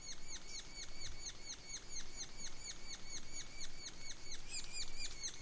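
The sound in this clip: Sapsucker giving quick, evenly spaced high chipping notes that drop in pitch, about four each second, over low background rumble.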